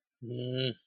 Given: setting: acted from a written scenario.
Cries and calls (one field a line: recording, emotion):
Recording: vocal sound without words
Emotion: contempt